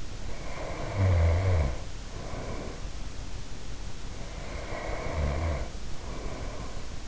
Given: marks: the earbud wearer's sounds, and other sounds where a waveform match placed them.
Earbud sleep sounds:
sounds in sleep by an in-ear microphone; snoring breath
0.23-2.93 s: snoring breath
4.07-7.08 s: snoring breath

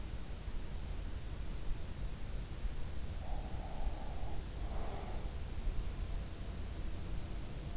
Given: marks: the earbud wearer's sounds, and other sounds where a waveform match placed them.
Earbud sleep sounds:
sounds in sleep by an in-ear microphone; breath
2.97-5.54 s: breath

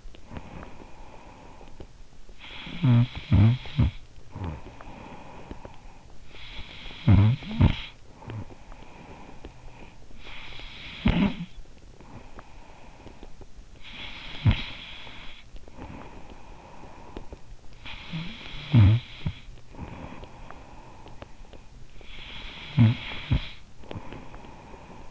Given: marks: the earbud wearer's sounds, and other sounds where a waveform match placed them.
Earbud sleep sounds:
sounds in sleep by an in-ear microphone; snoring breath
0.00-25.10 s: snoring breath

